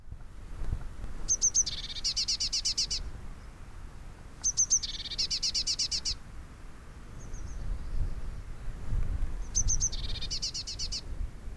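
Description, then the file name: Eurasian blue tit repeating its call three times: high thin introductory notes, then a dense, buzzy churring series, with faint low background noise between bouts. "Cyanistes caeruleus"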